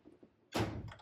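A plastic popper clip on the door card of a Seat Arona car door is prised out while working along the trim panel. A broad scraping rush of noise starts at about 0.5 s, and the next popper releases with a short snap at 0.9 s.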